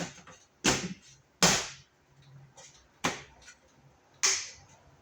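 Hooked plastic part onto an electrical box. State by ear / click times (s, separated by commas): seated / 1.4 s, 4.2 s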